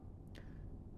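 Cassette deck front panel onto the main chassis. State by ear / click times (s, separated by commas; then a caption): seated / 0.4 s. The plastic front panel of a Sony TC-WR535 cassette deck, lined up with the ports on the main board, is pushed back onto the chassis during a belt replacement. A single short, sharp click at 0.4 s stands out over a steady low background hum. The panel clicks into place without force.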